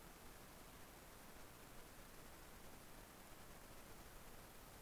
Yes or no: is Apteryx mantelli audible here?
no